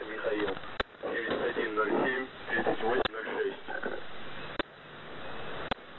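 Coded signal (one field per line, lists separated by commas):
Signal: coded military voice message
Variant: The Pip, Russian voice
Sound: a man reading a coded message over a radio channel, broken by sharp clicks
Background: radio static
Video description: "The Pip" is a Russian military station that broadcasts on 5448 kHz at daytime and 3756 kHz at nighttime.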